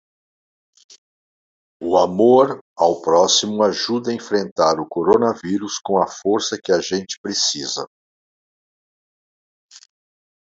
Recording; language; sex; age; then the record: spoken sentence; Brazilian Portuguese; male; 60 to 69 years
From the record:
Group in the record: control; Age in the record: 61 years